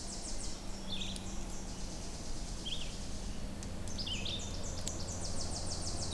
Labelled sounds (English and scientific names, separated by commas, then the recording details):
Red-eyed Vireo (Vireo olivaceus) song
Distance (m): 50 m
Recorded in boreal forest in Alberta, Canada, on 26 May 2016 at 07:05
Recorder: SongMeter 3, array SBT-3-15
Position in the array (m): 123 m, 90 m